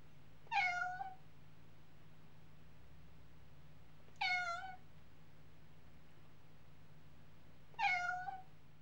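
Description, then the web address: Domestic cat giving three short, slightly descending meows roughly every three and a half seconds, with a constant low hum beneath. "BBC Sound Effects Library. Mog Cat Meowing"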